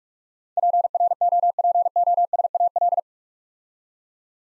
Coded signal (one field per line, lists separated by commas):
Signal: Morse code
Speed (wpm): 44 wpm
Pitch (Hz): 700 Hz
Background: none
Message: PROPOSAL